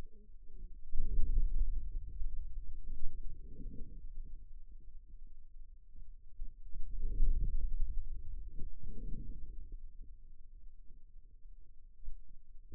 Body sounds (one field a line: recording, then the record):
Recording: forearm muscle sounds (acoustic myography)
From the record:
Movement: hand closing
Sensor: system 2, bracelet of six BSWA MPA416 microphones around the upper forearm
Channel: 5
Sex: male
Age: 22 years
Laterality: right